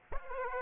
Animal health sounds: mosquito wingbeat signal from an infrared sensor; Aedes aegypti

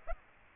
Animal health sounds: mosquito wingbeat signal from an infrared sensor; Aedes aegypti

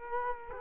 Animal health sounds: mosquito wingbeat signal from an infrared sensor; Culex quinquefasciatus

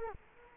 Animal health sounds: mosquito wingbeat signal from an infrared sensor; Culex quinquefasciatus

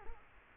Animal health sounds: mosquito wingbeat signal from an infrared sensor; Culex quinquefasciatus

